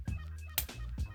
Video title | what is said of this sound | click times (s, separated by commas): Airpods Pro Eartip Replacement...(How To Replace) | and they pop off. | 0.6 s